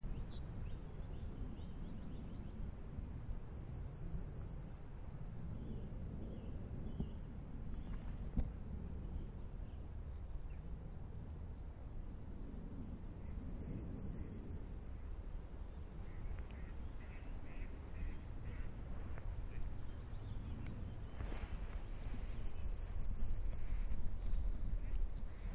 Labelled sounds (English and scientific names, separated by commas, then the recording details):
Yellowhammer (Emberiza citrinella)
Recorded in the wild
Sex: male
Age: adult
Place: Hobrechtsfelder Rieselfelder, Naturpark Barnim, Berlin, DE
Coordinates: 52.6686, 13.4719
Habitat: open country
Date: 2012-04-25 19:51
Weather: 10°C, sunny, weak winds
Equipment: Sound Devices 702, Sennheiser MKH 415 T, Rhode Windschutz
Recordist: Frommolt, Karl-Heinz